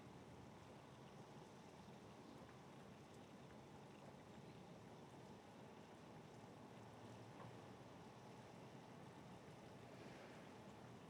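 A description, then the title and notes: Harbor waves and rain make a steady, dense wash of sound, full and rumbling in the low and middle range with a hiss above. Engine noise from passing boat traffic blends into the roar. A brief brighter swell rises near the end. Martha's Vineyard Thunderstorm and Harbor Waves... Ambience.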